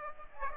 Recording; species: mosquito wingbeat signal from an infrared sensor; Aedes aegypti